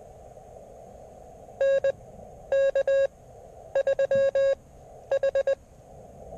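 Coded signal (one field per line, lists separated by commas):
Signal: Morse code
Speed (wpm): 20 wpm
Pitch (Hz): 550 Hz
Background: none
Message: N K 3 H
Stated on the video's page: QRP CW at 5 watts or less from a KX3 on a POTA park activation in Texas.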